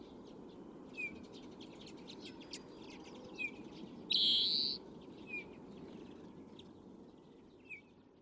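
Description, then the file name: European greenfinch producing a single loud buzzy wheeze, surrounded by several short, faint downslurred chirps and a steady low background rumble. "Chloris chloris"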